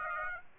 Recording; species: mosquito wingbeat signal from an infrared sensor; Aedes aegypti